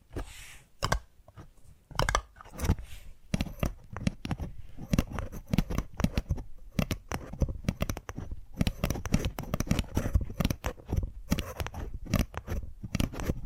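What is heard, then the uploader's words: Addictive tapping triggers: quick, dense taps and clicks in irregular bursts, sparse early then thickening after eight seconds, crisp with low knocks. ASMR 10 Addictive Tapping Triggers. (No Talking).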